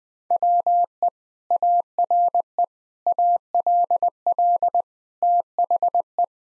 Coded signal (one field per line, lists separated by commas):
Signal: Morse code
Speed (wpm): 20 wpm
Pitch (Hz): 700 Hz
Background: none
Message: WE ARE ALL THE